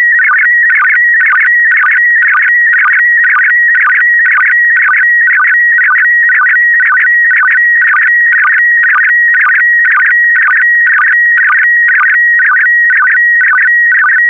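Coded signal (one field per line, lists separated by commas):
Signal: SSTV (slow-scan television)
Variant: PD120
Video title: (08 of 12) ISS Expedition 66 - ARISS Series 19 Lunar Exploration - Retransmission SSTV PD120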